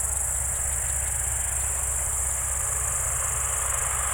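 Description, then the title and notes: Crickets produce a sustained high-pitched trill with a few scattered pulsed chirps, set against a heavy low engine rumble. Evening crickets at Spalona Pass, Bystrzyckie Mountains, Poland, 18/07/2024 around 19:00; an old tractor mowing grass in the village below is in the background. "Spalona 6, 57-516, Polska - Spalona Pass - crickets and haymaking. Przełęcz Spalona w Górach Bystrzyckich. wieczorne świerszcze"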